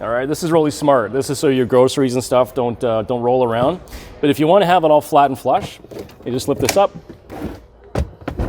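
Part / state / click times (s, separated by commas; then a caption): adjustable cargo floor panel in SUV cargo area / seated / 7.9 s, 8.3 s. A person talks while lifting the adjustable cargo floor panel in the rear cargo area of a 2020 Honda Pilot Black Edition SUV from its lower level so the floor sits flat and flush. Two sharp thunks are heard at 8.0 and 8.3 seconds as the panel locks into its raised position.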